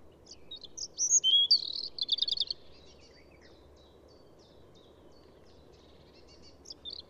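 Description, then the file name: European robin song phrase of high, sharp notes and a rapid rattling trill, then near silence with a few faint, scattered high notes. "Erithacus rubecula"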